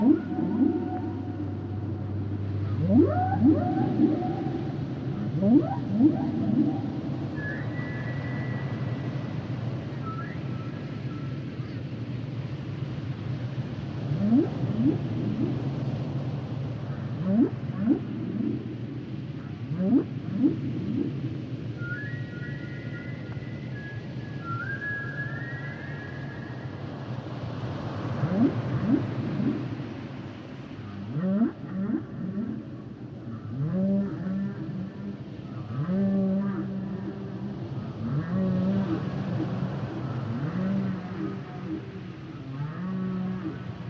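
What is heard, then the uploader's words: Humpback whale song: low moans and rising whoops repeat every few seconds over a steady deep rumble, with higher squeals around 8 and 25 seconds. The songs and sounds of the humpback whale.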